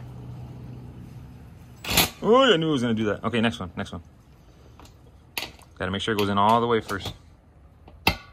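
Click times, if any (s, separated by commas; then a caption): 8.1 s. In a garage, a child pushes a small fitting into its mount during the install of new Supra wheels or parts being unboxed, pressing until it goes in all the way. Someone talks, then a sharp click sounds at 8.1 s. The part seats fully home.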